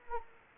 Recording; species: mosquito wingbeat signal from an infrared sensor; Anopheles arabiensis